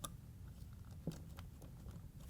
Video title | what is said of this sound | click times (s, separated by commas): How To: Whirlpool/KitchenAid/Maytag Pump and Motor Assembly WPW10780877 | And all we have to do is plug that in. So, it locks into place. | 0.0 s